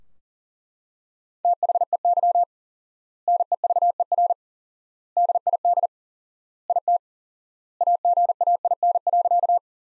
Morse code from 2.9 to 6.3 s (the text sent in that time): NEVER DID